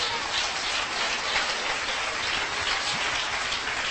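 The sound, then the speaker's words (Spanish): An audience applauds the Lord steadily for several seconds, many hands clapping into a dense, even wash of noise with no single claps standing out and no voices. “Sí, hermano, por favor, denle un aplauso al Señor.”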